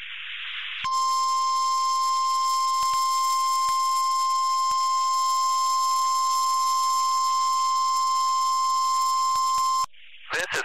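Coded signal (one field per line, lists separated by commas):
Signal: Emergency Alert System (SAME) tones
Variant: 1050 Hz attention tone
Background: speech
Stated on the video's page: NOAA Weather Radio required weekly test from NWS Seattle, with header data tones, attention tone and end-of-message tones.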